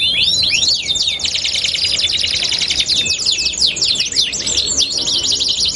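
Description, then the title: Belgian canary song: dense rolling trills of fast sweeping notes, high and continuous, with a few longer whistled notes near the start. Belgian canary song used as a lure to warm up canaries so they start singing along within seconds. "Canto Para Esquentar Canário Belga. LANGSUNG NYAUT. Pancingan suara kenari hitungan detik langsung ikut bunyi"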